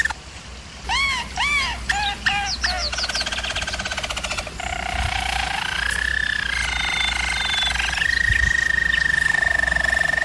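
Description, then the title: German Roller canary: arched looping notes repeated, quick rising chirps, then long smooth rolls settling on a steady held trill, over low background hum. Singing used for canary training. "German Roller Canary Singing - Canary Training Vid"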